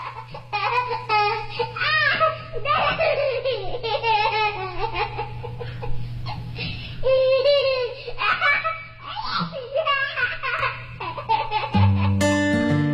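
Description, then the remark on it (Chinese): A baby giggles and laughs in bright, high-pitched bursts over a steady low musical drone, and near the end a sustained chord enters from the song's instrumentation; the laughter is a sample found online and added to the studio recording of the song. “这个婴儿的笑声加得很好，哎， 就找了很久，原本想着自己去医院录，但找录不到合适的声音，他笑得没有那么统一，或者笑得不那么合适。”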